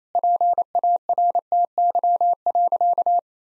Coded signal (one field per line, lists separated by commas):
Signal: Morse code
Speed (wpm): 28 wpm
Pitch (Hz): 700 Hz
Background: none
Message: PARTY.